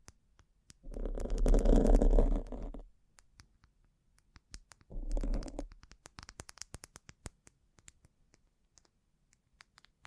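Bling bling triggers: sharp little clicks and taps scattered through the whole clip, thickest in the last four seconds. Two bursts of dense, rumbling rustle break in, a long one from about one to three seconds and a shorter one near five seconds.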